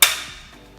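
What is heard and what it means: A removable insert is pressed in at the top clip of a Philips Premium Digital Airfryer, which has two small metal clips on the inside, until it pops into place. A single sharp, loud pop is heard at 0.0 s, followed by a short fading ring. The part is seated.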